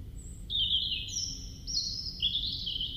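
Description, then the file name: European robin song: a continuous flow of high whistled notes shifting between pitches, some held and some wavering, with low background noise. "Erithacus rubecula"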